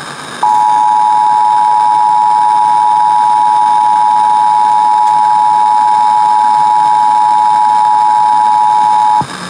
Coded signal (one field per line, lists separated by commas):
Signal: Emergency Alert System (SAME) tones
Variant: 853 and 960 Hz attention tone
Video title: Pennsylvania Required Monthly Tests (6/17/21)(EAS 746-752)